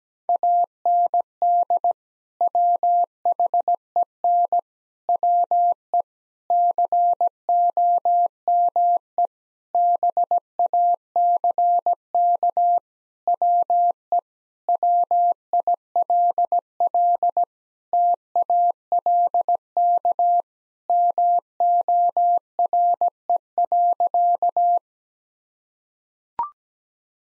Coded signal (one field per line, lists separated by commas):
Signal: Morse code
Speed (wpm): 17 wpm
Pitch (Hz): 700 Hz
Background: none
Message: AND WHEN WE COME BACK WE WILL TALK MORE.